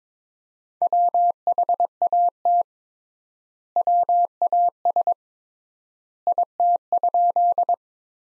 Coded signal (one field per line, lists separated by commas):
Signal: Morse code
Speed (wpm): 21 wpm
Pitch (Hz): 700 Hz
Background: none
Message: WHAT WAS IT?